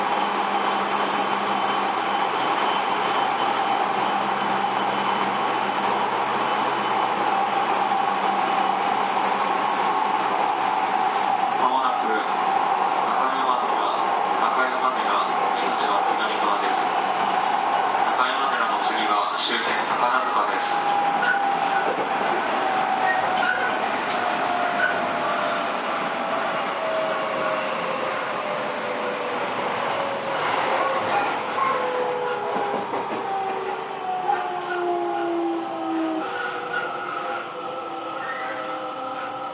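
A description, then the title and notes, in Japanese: A JR 207 series train running between Kyobashi and Takarazuka, with a steady, dense roar of wheels and motors throughout. A faint whine holds a fixed pitch early on, and from about 25 seconds several motor tones glide downward together as the train slows. JR207系 京橋〜宝塚。JR東西線、宝塚線の区間で録音しました。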